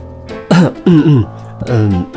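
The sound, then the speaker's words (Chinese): A voice imitates a polite, throaty cough made with a hand covering the lips, three short voiced bursts with falling pitch, the middle one longest, separated by brief pauses and heard alone without other talk. “最后还是李琴书打破了沉默，他用手捂住嘴唇咳嗽了两声才懂。”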